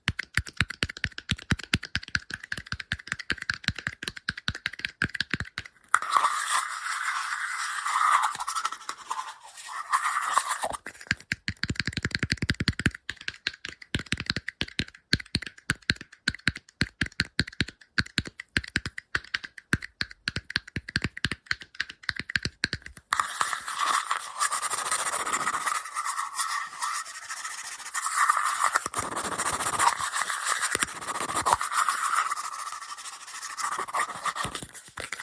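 Fast, aggressive tapping and scratching runs throughout in dense rapid clicks, with harsher scratchy stretches around six to eleven seconds and after twenty-three.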